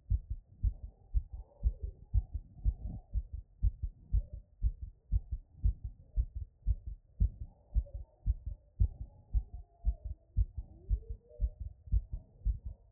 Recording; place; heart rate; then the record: heart sounds by stethoscope; Erb's point; 110 bpm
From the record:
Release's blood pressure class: hypertension stage 1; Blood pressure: 132/70 mmHg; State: after exercise